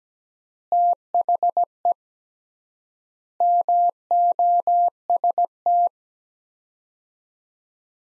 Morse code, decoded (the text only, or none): THE MOST